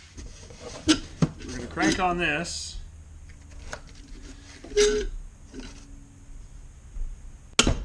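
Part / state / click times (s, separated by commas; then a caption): valve spring keeper in its retainer on an engine valve stem / released / 7.6 s. A socket set over a valve spring retainer on a cylinder head is struck to break loose the stuck steel valve spring keepers on the engine valve stem, while someone talks. A single loud, sharp snap rings out at 7.6 s as the keeper pops out and the retainer is released.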